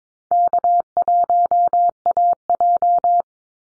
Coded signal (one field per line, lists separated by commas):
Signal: Morse code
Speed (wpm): 22 wpm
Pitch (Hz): 700 Hz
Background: none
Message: K1AJ